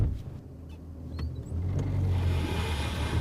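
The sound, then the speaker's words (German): A few brief clicks and a soft thump over low rumble, then a steady, deep car engine hum settles in as someone crosses the street and gets into a car with tinted windows parked in a side street under a palm tree. No one speaks. “wechselte die Straßenseite und stieg ins Auto.”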